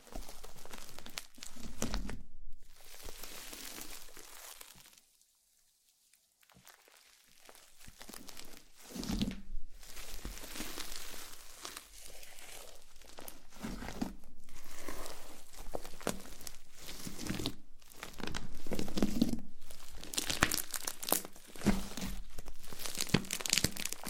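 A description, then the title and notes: Wet slime being squished and stretched, with dense crackling and popping that runs almost continuously. A short quiet gap falls around five to seven seconds, then the sticky squelches return, louder in bursts near nine and nineteen seconds. ASMR SLIME SATISFYING - NO TALKING.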